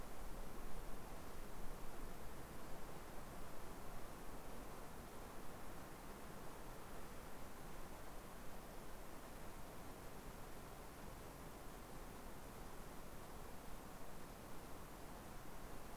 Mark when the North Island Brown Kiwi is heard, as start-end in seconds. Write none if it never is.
none